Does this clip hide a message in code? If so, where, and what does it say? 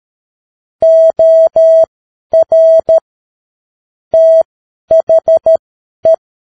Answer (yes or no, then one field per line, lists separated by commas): yes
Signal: Morse code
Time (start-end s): 0.8-6.1 s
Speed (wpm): 13 wpm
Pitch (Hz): 650 Hz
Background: none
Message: OR THE